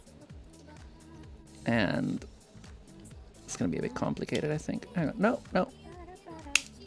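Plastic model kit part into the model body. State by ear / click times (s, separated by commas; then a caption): not seated / none. A small plastic part from a plastic model kit is pressed into place on the model body while someone talks over background music. A sharp snap-like sound stands out at about 6.6 seconds, but the part has not clicked in or seated yet.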